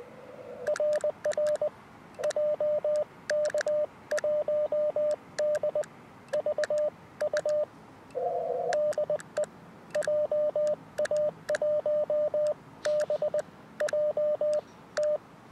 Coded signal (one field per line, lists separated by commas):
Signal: Morse code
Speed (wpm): 20 wpm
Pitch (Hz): 600 Hz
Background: radio noise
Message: RR JK1DVU DE JA1BJT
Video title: 10MHz CW 599BK +α QTH OP BURO 難しいところデコード付 初心者CW 河川敷でアンテナ調整 逆V型DP 河川敷シャック 2024/11/22 アマチュア無線 VLOG 570